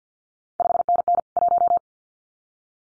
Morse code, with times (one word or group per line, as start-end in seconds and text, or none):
0.6-1.2 5NN
1.4-1.8 1